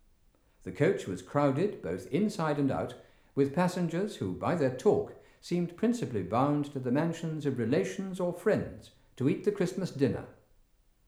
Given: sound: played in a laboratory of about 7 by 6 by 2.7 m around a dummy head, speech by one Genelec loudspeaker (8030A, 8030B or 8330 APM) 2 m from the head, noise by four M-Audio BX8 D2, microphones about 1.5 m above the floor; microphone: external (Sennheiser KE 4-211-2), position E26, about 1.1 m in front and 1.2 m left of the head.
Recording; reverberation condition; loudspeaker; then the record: male speech in English; medium; 30 degrees to the left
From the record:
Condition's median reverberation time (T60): about 510 ms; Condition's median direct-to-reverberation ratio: about -0.5 dB